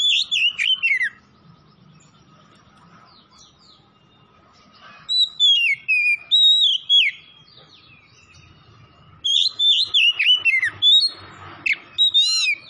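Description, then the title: Oriental magpie-robin song in three lively bursts of clear, slurred whistles and twittering notes, separated by pauses, with a faint constant hum behind. Tretes, singing vigorously, the song style known as gacor. "Kacer Tretes Gacor"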